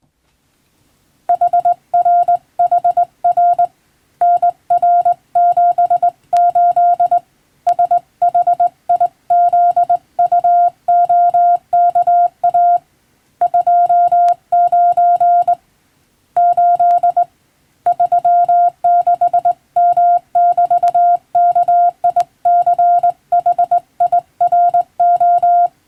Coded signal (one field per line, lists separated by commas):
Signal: Morse code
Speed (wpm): 21 wpm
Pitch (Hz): 700 Hz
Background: none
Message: HRHR NR78 SHIZUOKA 29 8 36M<BT>KICHIRO